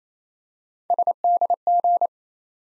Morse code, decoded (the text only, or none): SDG